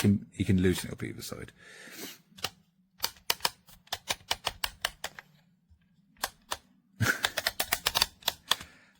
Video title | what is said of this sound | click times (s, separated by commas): Recensione del 8Bitdo Mobile Gaming Clip for Xbox Controllers (officially licensed) - Xbox [Edizione | So there you go. That's like the little teeth clicking into place. | 3.3 s, 3.5 s, 7.2 s, 7.7 s, 8.0 s, 8.5 s